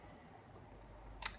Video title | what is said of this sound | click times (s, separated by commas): ASSEMBLE BRUSH with New Blades-1 | same here just push it down till it clicks and line up the Chet and | 1.3 s